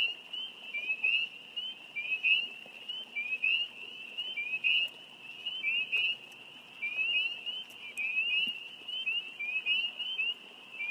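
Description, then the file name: Spring peepers calling in a dense chorus, many high, upward-slurred peeps overlapping continuously. "Spring Peepers - field recording"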